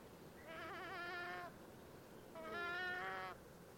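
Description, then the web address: Red-throated loon calls: two long, wavering wails, each about a second, separated by a short pause. "chant xeno-canto plongeon catmarin"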